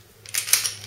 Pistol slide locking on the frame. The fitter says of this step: Weapons check. Function check. Locks into place.